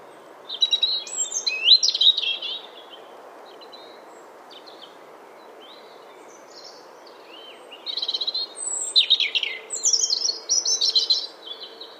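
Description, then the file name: European robin song in two bursts of varied high, thin warbles and trills, each lasting a few seconds, separated by a quiet pause, over a steady low background hiss. "Erithacus rubecula"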